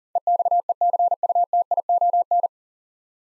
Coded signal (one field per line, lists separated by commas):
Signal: Morse code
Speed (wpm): 37 wpm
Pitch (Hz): 700 Hz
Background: none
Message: EXECUTION